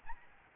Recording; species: mosquito wingbeat signal from an infrared sensor; Aedes albopictus